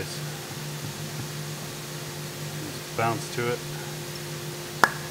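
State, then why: Released. A closely fitted steel ejector pin is worked in its bore in a steel injection mold while someone talks over a steady background hum. Trapped air acts like a piston, and at 4.8 s the pin comes free with a sharp pop, a sign of a tight fit.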